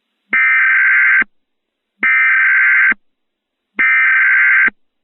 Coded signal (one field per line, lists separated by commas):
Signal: Emergency Alert System (SAME) tones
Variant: header bursts